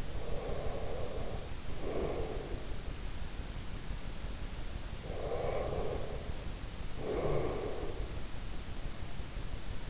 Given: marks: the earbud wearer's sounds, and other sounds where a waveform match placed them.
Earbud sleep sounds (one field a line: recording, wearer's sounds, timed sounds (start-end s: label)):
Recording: sounds in sleep by an in-ear microphone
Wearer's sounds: breath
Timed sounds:
0.00-2.79 s: breath
4.96-8.08 s: breath